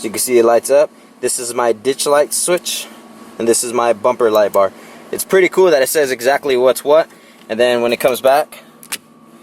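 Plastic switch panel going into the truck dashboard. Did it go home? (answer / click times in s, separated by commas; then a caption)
yes / 8.8 s, 8.9 s. Someone talks while a plastic switch panel, fitted with new ditch light and light bar switches, is pushed back into the dash opening of a Tacoma truck. Two sharp clicks at 8.8 s and 8.9 s mark the panel snapping into place with an OEM-style fit.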